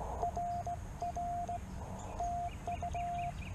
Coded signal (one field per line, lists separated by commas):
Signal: Morse code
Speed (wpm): 16 wpm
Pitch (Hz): 700 Hz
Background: none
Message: RR TU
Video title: My 1st Solo Pota Activation. Parks on the Air, CW from K-2943